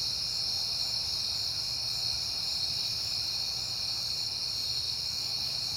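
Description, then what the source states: Crickets keep up a dense, shrill, continuous trill while a soft low drone sits beneath. Recorded on a peaceful September night.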